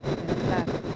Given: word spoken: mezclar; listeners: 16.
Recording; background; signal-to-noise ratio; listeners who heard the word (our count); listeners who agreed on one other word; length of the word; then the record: one Spanish word in noise, from a listening test; noise modulated by three-talker babble; -6.6 dB; 0 of 16; 8 of 16; 0.56 s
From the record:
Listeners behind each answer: 8, 1, 1, 1, 1, 1, 1, 1, 1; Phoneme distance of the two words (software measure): 51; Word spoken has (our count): 2 syllables, 7 phonemes, stress on syllable 2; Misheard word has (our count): 3 syllables, 8 phonemes, stress on syllable 3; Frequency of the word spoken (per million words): 14.04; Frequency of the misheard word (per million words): 44.47